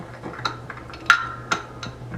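A button die is rotated slightly inside a We R Memory Keepers button press, giving small ticks around 0.5, 0.7, 1.5 and 1.8 s. A sharp, bright click at 1.1 s marks the die seating into place. Without that click the piece would ride up and jam the machine.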